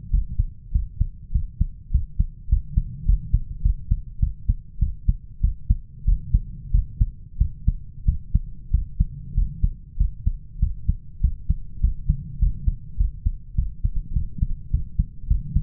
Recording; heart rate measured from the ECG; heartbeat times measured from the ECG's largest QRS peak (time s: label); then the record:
heart sounds by stethoscope; 99 bpm
0.13 s: heartbeat
0.74 s: heartbeat
1.34 s: heartbeat
1.93 s: heartbeat
2.51 s: heartbeat
3.08 s: heartbeat
3.64 s: heartbeat
4.22 s: heartbeat
4.81 s: heartbeat
5.43 s: heartbeat
6.07 s: heartbeat
6.73 s: heartbeat
7.40 s: heartbeat
8.07 s: heartbeat
8.73 s: heartbeat
9.37 s: heartbeat
10.00 s: heartbeat
10.62 s: heartbeat
11.23 s: heartbeat
11.83 s: heartbeat
12.41 s: heartbeat
12.99 s: heartbeat
13.58 s: heartbeat
14.15 s: heartbeat
14.73 s: heartbeat
15.30 s: heartbeat
From the record:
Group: healthy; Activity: cold pressor test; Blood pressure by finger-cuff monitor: 143/93 mmHg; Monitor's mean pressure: 111 mmHg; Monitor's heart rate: 100 bpm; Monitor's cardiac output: 7.4 L/min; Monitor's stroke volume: 74 mL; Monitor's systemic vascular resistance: 1080 dyn s/cm5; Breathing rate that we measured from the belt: 19 breaths a minute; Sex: male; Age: 21 years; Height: 175 cm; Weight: 72.6 kg